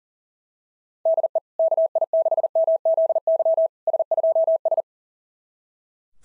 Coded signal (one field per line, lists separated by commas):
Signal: Morse code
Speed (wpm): 36 wpm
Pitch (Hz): 660 Hz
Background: none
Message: DE KI6MZY S2S